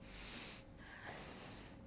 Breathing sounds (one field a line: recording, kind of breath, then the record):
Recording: one breath in and out by a microphone near the nose and mouth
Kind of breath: deep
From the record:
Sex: male